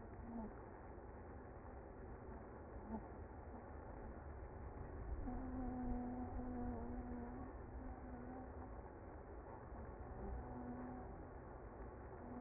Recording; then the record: honeybee colony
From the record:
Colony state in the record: active